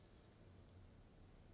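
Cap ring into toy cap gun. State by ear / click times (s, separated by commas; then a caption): not seated / none. A cap ring is being handled at a toy cap gun, with only a steady low hiss and a faint low hum heard over the 1.6 seconds. Nothing has seated or clicked yet; the clip ends before the ring snaps into the gun.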